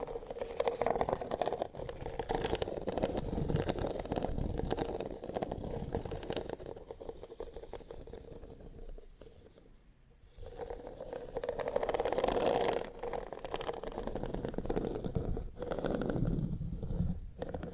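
Fingernails scratch and rub over textured leather in a dense, continuous rasping that swells and eases. The scratching is busy and gritty, with a rougher burst near twelve seconds and a brief quiet dip around ten seconds before it resumes.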